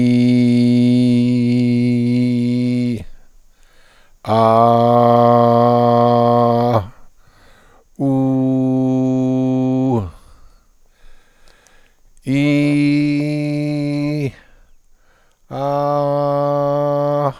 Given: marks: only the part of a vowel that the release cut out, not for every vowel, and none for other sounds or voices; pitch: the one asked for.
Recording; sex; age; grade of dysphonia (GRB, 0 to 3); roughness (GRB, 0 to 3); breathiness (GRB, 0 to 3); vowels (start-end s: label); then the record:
sustained vowels; male; 60 to 69 years; 1; 1; 0
0.00-1.97 s: vowel /i/, low pitch
4.66-6.54 s: vowel /a/, low pitch
8.20-9.87 s: vowel /u/, low pitch
12.39-14.13 s: vowel /i/, high pitch
15.69-17.20 s: vowel /a/, high pitch
From the record:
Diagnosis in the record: contact pachydermia, presbyphonia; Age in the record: 66 years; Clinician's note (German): Ohne Reflux